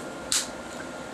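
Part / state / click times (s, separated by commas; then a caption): plastic grommet half into mating top ring on a fabric slipcover / seated / 0.3 s. The plastic second half of a central grommet, the half carrying the fabric snaps, is pressed onto the mating top ring of a fabric slipcover after a fine bead of glue is laid around the ring's inside edge. Over a quiet, steady background hum, a single sharp, bright snap sounds at 0.3 s. The two plastic grommet halves snap together and are seated.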